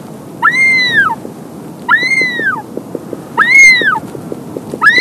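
Wandering albatross giving nasal, meow-like wails that swell and drop away, three full calls spaced roughly a second and a half apart, soft clicking pulses beneath.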